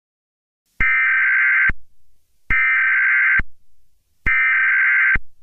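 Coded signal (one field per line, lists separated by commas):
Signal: Emergency Alert System (SAME) tones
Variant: header bursts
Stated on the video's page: Fictional emergency alert scenario, not a real broadcast.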